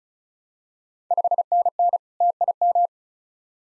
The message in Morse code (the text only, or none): 5NN TIM